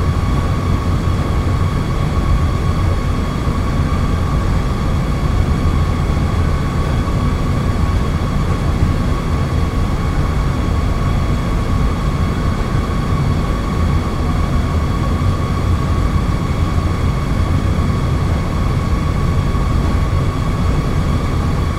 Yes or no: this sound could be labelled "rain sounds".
no